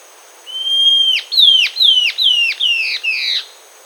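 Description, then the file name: Bird call: a long, steady high whistle, then five quick whistled notes in a row, each dropping sharply in pitch at its end, against a faint hiss. "SABIOD bird"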